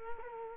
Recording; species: mosquito wingbeat signal from an infrared sensor; Culex quinquefasciatus